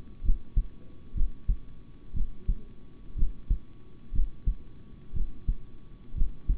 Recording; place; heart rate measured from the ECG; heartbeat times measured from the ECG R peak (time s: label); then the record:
heart sounds by stethoscope; between the tricuspid and mitral areas; 61 bpm
0.22 s: heartbeat
1.14 s: heartbeat
2.13 s: heartbeat
3.15 s: heartbeat
4.12 s: heartbeat
5.13 s: heartbeat
6.14 s: heartbeat
From the record:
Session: rest, sitting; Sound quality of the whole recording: good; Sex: male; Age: 26 years